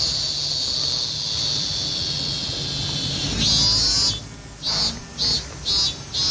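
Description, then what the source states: Japanese cicada song: a continuous shrill high buzz that shifts in tone, then breaks into rhythmic pulses about every half second. Played on air; called semi; described as a peculiar, very eerie sound; spends five to six years underground.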